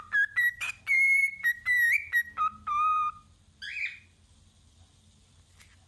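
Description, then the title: Cockatiel whistling a tune of clear, pure notes that step between pitches with short pauses, followed by one harsh rising screech. "Calopsitas Cantando Assobio"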